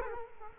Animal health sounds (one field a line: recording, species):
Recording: mosquito wingbeat signal from an infrared sensor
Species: Culex quinquefasciatus